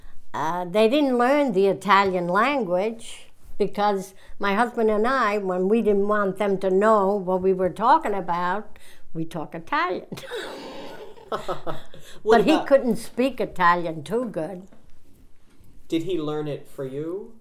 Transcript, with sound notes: they didn't learn the Italian language because my husband and I, when we didn't want them to know what we were talking about, we'd talk Italian. ( they laugh ) But he couldn't speak Italian too good.
Did he learn it from you?